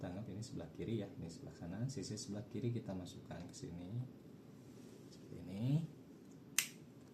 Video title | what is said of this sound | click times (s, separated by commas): TUGAS1 Berpraktik jaringan komputer - LAN jenis straight | sampai bunyi klik. | 6.6 s